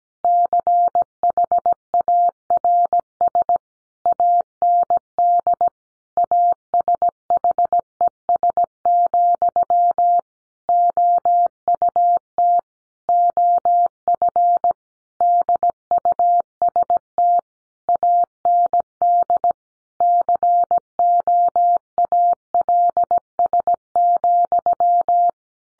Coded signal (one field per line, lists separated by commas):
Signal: Morse code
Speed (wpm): 17 wpm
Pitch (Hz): 700 Hz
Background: none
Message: CHARS AND ASHES, OUT OF DUST AND COALS,